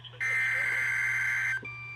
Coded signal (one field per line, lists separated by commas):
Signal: Emergency Alert System (SAME) tones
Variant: header bursts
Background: speech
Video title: Tornado Watch Number 51 EAS 2